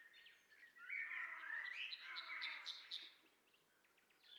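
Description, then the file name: Common nightingale song, warbled and slurred phrases over a steady hiss of background noise, fading toward the end. "Luscinia megarhynchos"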